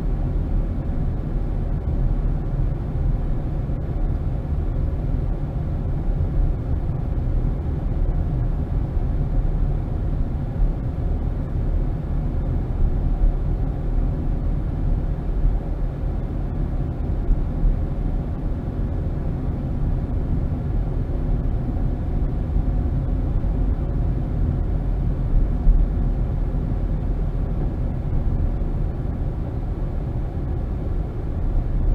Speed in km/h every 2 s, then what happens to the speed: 23, 23, 21, 21, 21, 23, 23, 24, 24, 27, 29, 29, 26, 24, 18, 16.
0-22 speeds up to 29. 22-29 slows to 16.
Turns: none.